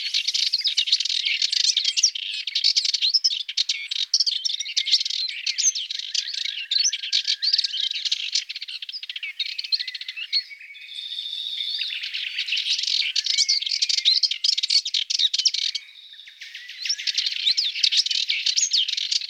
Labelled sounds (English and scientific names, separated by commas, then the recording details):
Subalpine Warbler (Sylvia cantillans) song
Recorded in the wild
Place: St. Laurent des Arbres und Umgebung, FR
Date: 1997-04-26
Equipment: Dat-Recorder Casio DA 7, Telinga DAT, Telinga-Parabolspiegel
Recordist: Schwarz, Dieter